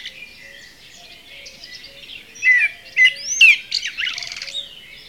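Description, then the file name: Common blackbird with a single warbled phrase of fluty notes and a sharp upward sweep, followed by twittering, amid constant background birdsong. "Turdus merula"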